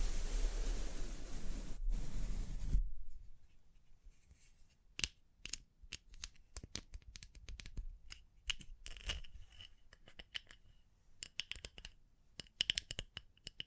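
Dense brushing and rustling for three seconds, then scattered dry taps, scratches and crinkles at irregular intervals, some bright and sharp.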